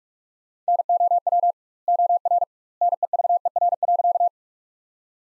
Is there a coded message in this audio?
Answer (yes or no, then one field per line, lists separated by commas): yes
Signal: Morse code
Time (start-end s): 0.7-4.3 s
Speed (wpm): 43 wpm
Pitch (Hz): 700 Hz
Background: none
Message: NOW OR NEVER.